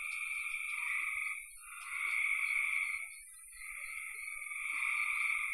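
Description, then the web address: Frogs calling in a dense chorus, a continuous buzzy trill that swells and fades in long waves, with a steady high hiss above. "cn frogs"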